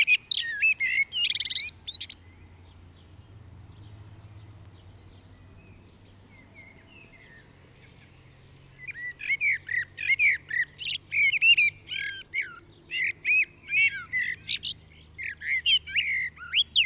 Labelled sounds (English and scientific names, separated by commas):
Common Blackbird (Turdus merula) song